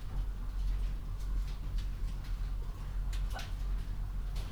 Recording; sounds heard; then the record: poultry house recording; healthy chickens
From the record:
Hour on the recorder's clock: 21